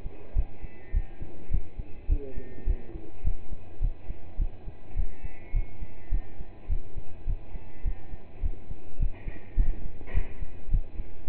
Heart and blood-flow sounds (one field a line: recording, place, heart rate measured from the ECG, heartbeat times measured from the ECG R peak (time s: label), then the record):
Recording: heart sounds by stethoscope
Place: between the tricuspid and mitral areas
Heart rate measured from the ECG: 104 bpm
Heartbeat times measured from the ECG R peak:
0.35 s: heartbeat
0.93 s: heartbeat
1.51 s: heartbeat
2.09 s: heartbeat
2.66 s: heartbeat
3.24 s: heartbeat
3.81 s: heartbeat
4.38 s: heartbeat
4.96 s: heartbeat
5.53 s: heartbeat
6.11 s: heartbeat
6.69 s: heartbeat
7.26 s: heartbeat
7.84 s: heartbeat
8.42 s: heartbeat
8.99 s: heartbeat
9.57 s: heartbeat
10.14 s: heartbeat
10.71 s: heartbeat
11.27 s: heartbeat
From the record:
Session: pedaling a stationary bicycle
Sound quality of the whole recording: partially saturated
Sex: male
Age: 27 years